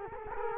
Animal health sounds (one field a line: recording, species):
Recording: mosquito wingbeat signal from an infrared sensor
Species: Culex quinquefasciatus